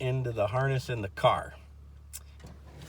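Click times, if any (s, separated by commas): 2.2 s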